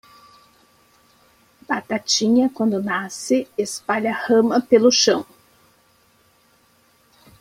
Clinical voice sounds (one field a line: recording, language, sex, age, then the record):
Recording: short text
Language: Brazilian Portuguese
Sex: female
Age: 50 to 59 years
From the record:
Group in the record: control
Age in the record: 54 years